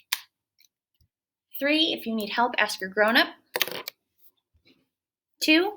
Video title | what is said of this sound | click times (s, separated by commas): 9/29/20 Tues. Math Lesson & Assessment | you can cap your marker when you're all done make sure you hear it snap | 0.1 s